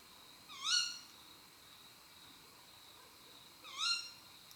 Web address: rapaci notturni canto verso femmina allocco strix aluco tawny owl waldkauz carabo comun chouette hulotte